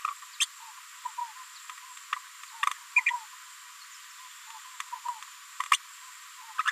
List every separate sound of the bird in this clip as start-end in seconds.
0.40-0.46, 2.96-3.01, 3.06-3.11, 5.71-5.77, 6.65-6.71